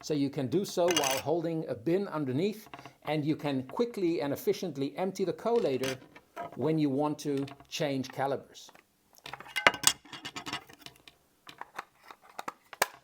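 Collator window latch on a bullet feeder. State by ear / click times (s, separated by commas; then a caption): seated / 12.8 s. Someone talks about emptying the collator of a Mr.Bulletfeeder Gen 2 bullet feeder into a bin underneath to change calibers, and a few light clinks follow. The hinged plastic collator window is swung closed one-handed, and its single latch clicks shut and locks into place at 12.8 s.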